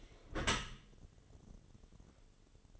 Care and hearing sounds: daily activity, microphone in the room; close dishwasher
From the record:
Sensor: 4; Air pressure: 1015.8 hPa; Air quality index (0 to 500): 104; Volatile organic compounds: 2 ppm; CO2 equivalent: 1162 ppm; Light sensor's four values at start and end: 9/19/7/7 and 8/18/7/7

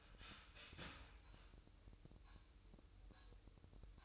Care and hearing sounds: daily activity, microphone in the room; start toaster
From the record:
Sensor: 2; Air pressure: 988.4 hPa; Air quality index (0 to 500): 192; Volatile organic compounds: 189 ppm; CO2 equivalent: 4175 ppm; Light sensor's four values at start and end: 20/68/26/25 and 20/68/26/25

